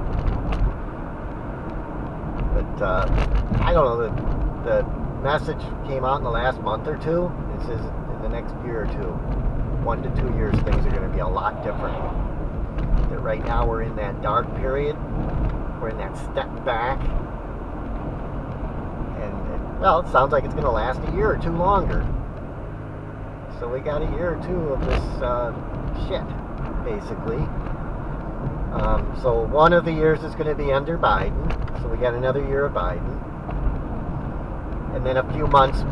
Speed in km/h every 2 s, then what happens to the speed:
66, 66, 64, 64, 64, 64, 64, 64, 63, 64, 68, 69, 69, 66, 63, 60, 58, 66.
0-17 steady at about 64. 17-24 speeds up to 69. 24-32 slows to 58. 32-36 speeds up to 66.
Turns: none.